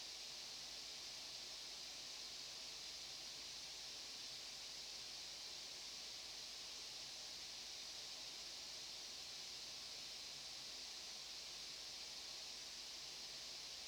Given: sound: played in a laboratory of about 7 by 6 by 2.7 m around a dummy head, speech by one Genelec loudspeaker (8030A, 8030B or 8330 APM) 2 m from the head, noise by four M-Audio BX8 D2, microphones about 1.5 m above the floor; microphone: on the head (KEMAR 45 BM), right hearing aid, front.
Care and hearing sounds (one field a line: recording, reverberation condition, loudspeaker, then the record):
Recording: white noise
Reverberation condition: low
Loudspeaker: four, about 170 cm from the corners of the room and facing them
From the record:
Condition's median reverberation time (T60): about 310 ms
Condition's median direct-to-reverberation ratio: about 3.5 dB